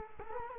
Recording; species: mosquito wingbeat signal from an infrared sensor; Culex quinquefasciatus